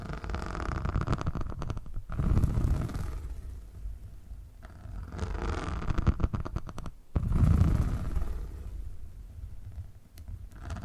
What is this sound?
ASMR Brain Tingly Purring Triggers